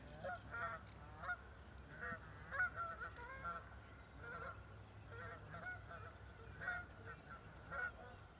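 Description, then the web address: Canada goose honks, harsh and nasal, coming in uneven bursts with short gaps, over a low constant hum. "cantos gansocanadiense"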